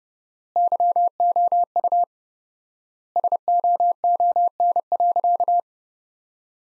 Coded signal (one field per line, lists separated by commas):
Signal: Morse code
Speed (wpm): 30 wpm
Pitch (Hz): 700 Hz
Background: none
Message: YOU SOON.